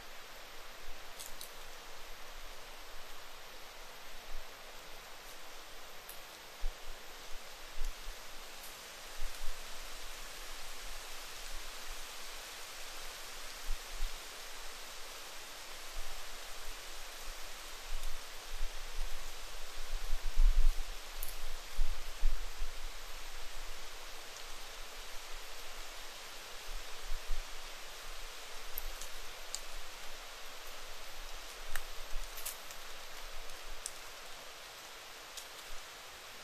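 A very quiet wild woodland thicket, carried by a steady, even hiss that stays level throughout. Faint ticks and light rustles surface now and then, and a few soft low thumps cluster around the twenty-second mark before the calm hiss settles back.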